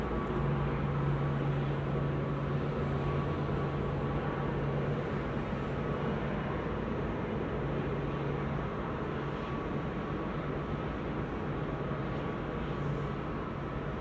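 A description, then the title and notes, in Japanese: Airfield engine noise runs steadily through the whole stretch, a dense low rumble with an even level throughout. A low droning tone sits at the bottom, fading in and out a few times, and a fainter steady whine holds higher up. 飛行場の音 – Airfield。羽田空港で録音しました。エンジン音は常に鳴っていますが、コロナの影響で飛行機の発着が少ないですね…。たまに飛び立とうとするエンジンの発信音。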